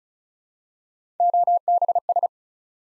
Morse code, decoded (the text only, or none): OBS